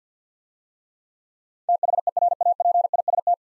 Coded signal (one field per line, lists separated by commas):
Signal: Morse code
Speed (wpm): 49 wpm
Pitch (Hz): 700 Hz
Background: none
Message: THERAPIST